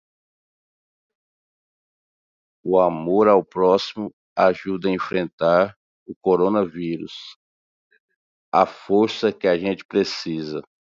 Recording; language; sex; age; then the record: spoken sentence; Brazilian Portuguese; male; 40 to 49 years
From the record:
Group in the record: control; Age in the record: 43 years